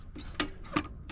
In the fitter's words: That was one little click and we're snug up against there.